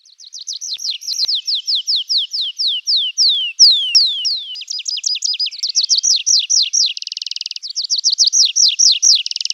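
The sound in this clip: Bird calls: a long series of high, down-slurred whistled notes repeated rapidly, breaking late in the series into a dry buzzy stretch, then resuming with quicker chirping notes.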